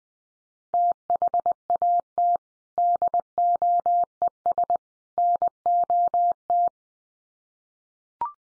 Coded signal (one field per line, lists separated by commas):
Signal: Morse code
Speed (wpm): 20 wpm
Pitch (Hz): 700 Hz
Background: none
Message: THAT DOES NOT